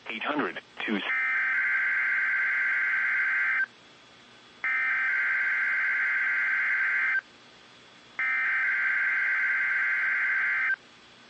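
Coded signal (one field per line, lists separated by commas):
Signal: Emergency Alert System (SAME) tones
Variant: header bursts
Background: speech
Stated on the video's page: NOAA Weather Radio required weekly test from the WXL-70 stream.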